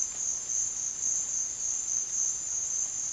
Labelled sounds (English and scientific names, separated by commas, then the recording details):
none
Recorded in pastures near Puerto Asís, Putumayo, Colombia, on 29 June 2025 at 14:30
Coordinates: 0.502, -76.324
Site G010